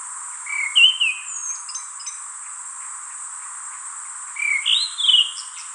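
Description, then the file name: Abyssinian ground thrush song: two short, clear whistled phrases with fluttering trills, about four seconds apart, over a steady high hiss. "James Bradley - Golosistyj drozd Zoothera piaggiae"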